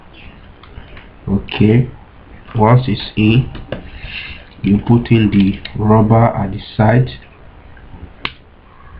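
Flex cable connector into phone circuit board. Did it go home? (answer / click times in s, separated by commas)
yes / 8.2 s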